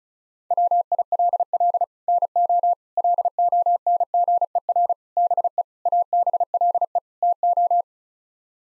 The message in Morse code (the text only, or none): WILL NO LONGER BE ABLE TO